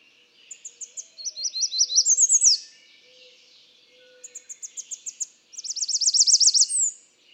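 American redstart singing high, rapid songs of repeated thin notes, the first rising in volume and ending with a sharp downslurred note.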